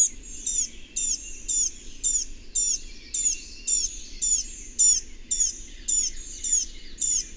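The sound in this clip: Bird: steady stream of high, sharp bird chirps, each dropping quickly in pitch, repeated almost twice a second over a soft hiss.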